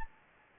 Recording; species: mosquito wingbeat signal from an infrared sensor; Anopheles gambiae